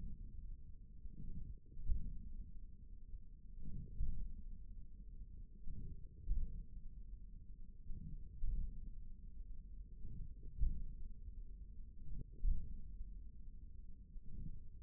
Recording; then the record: forearm muscle sounds (acoustic myography)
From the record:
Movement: hand closing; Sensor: system 1, eight BSWA MPA416 microphones around the upper forearm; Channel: 1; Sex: male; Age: 41 years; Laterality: right